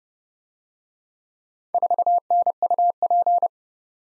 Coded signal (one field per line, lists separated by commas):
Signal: Morse code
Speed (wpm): 29 wpm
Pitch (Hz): 700 Hz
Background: none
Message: 4NUP